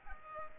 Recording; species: mosquito wingbeat signal from an infrared sensor; Culex pipiens